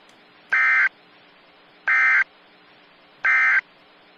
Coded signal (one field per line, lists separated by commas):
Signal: Emergency Alert System (SAME) tones